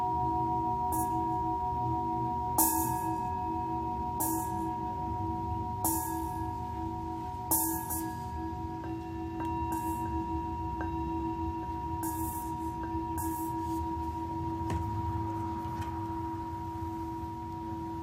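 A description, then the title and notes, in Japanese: A Tibetan singing bowl hums with a steady, layered ring that holds through the whole clip, a low drone under a clear high tone. Short bright strikes or taps land every second or two, each leaving a faint shimmer, over a soft low rumble. 深夜のシンギングボウルのサウンドヒーリング。チベタンシンギングボウル。メキシコ。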